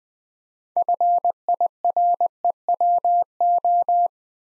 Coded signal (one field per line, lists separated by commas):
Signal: Morse code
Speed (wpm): 20 wpm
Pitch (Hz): 700 Hz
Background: none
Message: FIREWO